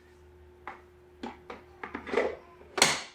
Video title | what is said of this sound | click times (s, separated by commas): Cybex Aton 2 Review/ Should you buy this carseat! | and you hear it click right away. | 2.8 s